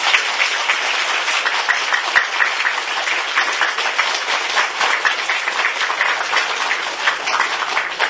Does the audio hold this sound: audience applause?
yes